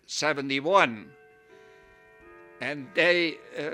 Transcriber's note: a clock chimes in the background